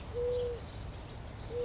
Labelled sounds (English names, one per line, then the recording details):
Eurasian Collared Dove
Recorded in Sonoma County, California